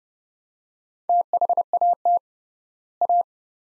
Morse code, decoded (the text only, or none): THAT A